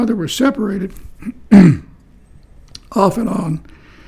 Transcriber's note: clears throat